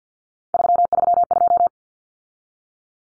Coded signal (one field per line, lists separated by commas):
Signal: Morse code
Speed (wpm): 49 wpm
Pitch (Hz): 700 Hz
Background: none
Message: 332